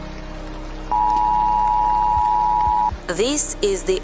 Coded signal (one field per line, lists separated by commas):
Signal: Emergency Alert System (SAME) tones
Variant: 853 and 960 Hz attention tone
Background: speech, music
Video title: WW3 begins in RUSSIA | Fictional Radio Broadcast Experience | EAS